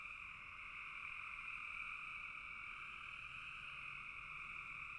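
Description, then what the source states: Frog chorus, many callers merging into an unbroken drone that holds the same pitch throughout. Several frogs calling in a bog.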